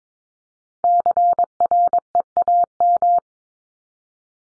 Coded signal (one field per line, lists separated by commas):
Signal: Morse code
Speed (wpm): 22 wpm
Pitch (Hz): 700 Hz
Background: none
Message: CREAM